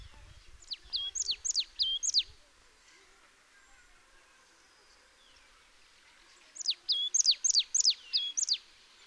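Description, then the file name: Marsh tit gives two bursts of rapid, high, sharply dropping notes, separated by about four seconds of quiet. "Poecile palustris"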